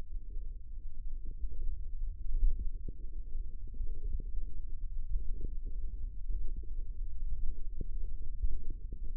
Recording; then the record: forearm muscle sounds (acoustic myography)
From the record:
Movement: finger pinch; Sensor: system 1, eight BSWA MPA416 microphones around the upper forearm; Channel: 6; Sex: male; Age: 18 years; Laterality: right